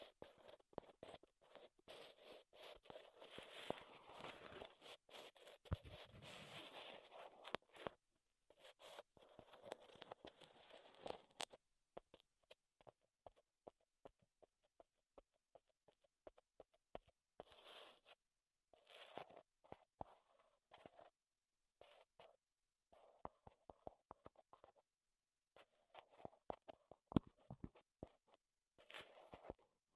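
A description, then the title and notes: Wood triggers: dense, scratchy rubbing and crackling fill the first ten seconds, with a low thump around six seconds. After that the sound breaks into short bursts of scraping and sharp little taps separated by near silence, picking up again near the end. ASMR Wood Triggers in Your Ears (No Talking).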